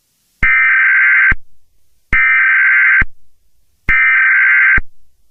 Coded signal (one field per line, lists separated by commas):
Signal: Emergency Alert System (SAME) tones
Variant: header bursts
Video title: EAS Scenario #1: A Radio-Like Problem (inspired by: Hazbin Hotel) DISCLAIMER IN DESCRIPTION!!!!!!